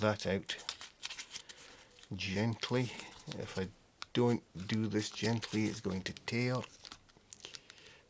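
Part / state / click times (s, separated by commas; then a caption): extendable part of a multiform lifeboat-style model locking into position / seated / 7.3 s, 7.5 s. Someone talks while gently pulling out the extendable part of a multiform lifeboat-style model, with crinkly, crunch-like handling sounds. The part snaps into its locked position with short, sharp clicks at 7.3 s and 7.6 s, seated in place.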